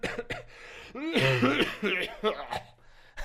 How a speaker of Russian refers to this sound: И простуда — это такая болезнь, когда у человека появляется кашель. Это кашель. Да, я что делаю? Я кашляю сейчас.